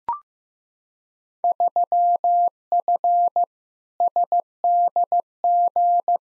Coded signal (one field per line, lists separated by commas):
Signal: Morse code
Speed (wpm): 15 wpm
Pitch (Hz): 700 Hz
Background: none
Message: 3F SDG